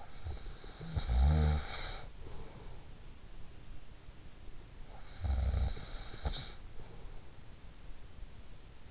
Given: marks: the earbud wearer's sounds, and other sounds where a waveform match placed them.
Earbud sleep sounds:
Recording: sounds in sleep by an in-ear microphone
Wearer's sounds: snoring breath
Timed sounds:
0.00-3.18 s: snoring breath
4.75-7.42 s: snoring breath

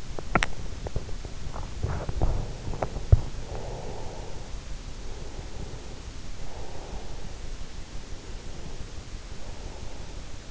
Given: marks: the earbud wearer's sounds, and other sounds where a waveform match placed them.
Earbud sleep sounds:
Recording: sounds in sleep by an in-ear microphone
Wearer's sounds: teeth grinding, breath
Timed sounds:
0.00-3.51 s: teeth grinding
2.84-4.62 s: breath
4.92-7.48 s: breath
7.88-10.51 s: breath

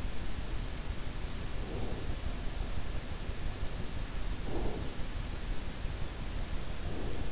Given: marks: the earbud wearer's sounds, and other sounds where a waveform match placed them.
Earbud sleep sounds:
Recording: sounds in sleep by an in-ear microphone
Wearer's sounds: breath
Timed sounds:
1.43-2.11 s: breath
4.44-4.93 s: breath
6.77-7.25 s: breath

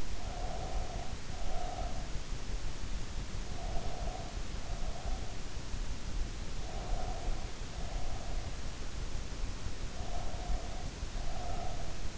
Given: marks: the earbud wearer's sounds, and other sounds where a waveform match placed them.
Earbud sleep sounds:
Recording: sounds in sleep by an in-ear microphone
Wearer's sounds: breath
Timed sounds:
0.00-2.21 s: breath
3.22-5.61 s: breath
6.48-8.55 s: breath
9.77-12.18 s: breath

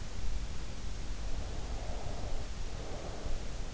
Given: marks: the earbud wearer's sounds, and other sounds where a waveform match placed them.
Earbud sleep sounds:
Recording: sounds in sleep by an in-ear microphone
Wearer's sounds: breath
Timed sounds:
1.71-3.43 s: breath

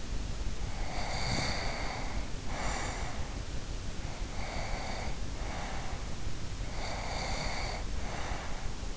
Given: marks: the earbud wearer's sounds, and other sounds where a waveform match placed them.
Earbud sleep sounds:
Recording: sounds in sleep by an in-ear microphone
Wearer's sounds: snoring breath, breath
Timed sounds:
0.56-3.45 s: snoring breath
4.07-6.21 s: breath
6.70-8.97 s: breath

